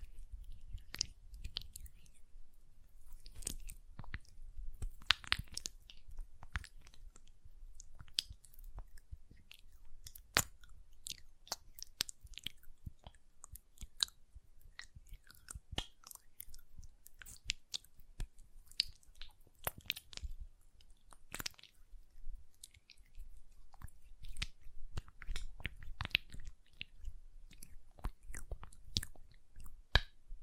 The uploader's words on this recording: ASMR Hand Sounds, Nail Tapping and Lotion Sounds (No Talking).